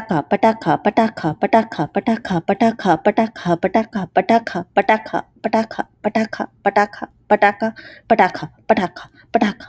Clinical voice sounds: repeated syllables /pa ta ka/; male; 30 to 39 years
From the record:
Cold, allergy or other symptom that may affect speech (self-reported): no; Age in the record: 32 years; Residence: North Carolina, United States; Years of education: 16

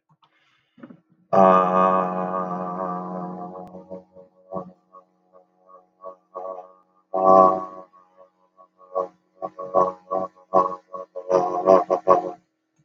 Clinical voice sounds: vowel held as long as possible; male; 60 to 69 years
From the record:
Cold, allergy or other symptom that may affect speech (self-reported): no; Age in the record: 69 years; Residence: Delaware, United States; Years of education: 17

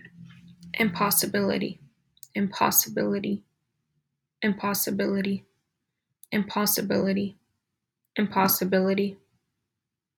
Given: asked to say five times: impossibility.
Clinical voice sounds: repeated word; female; 20 to 29 years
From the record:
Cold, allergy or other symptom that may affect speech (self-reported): no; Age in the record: 21 years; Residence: Illinois, United States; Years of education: 16

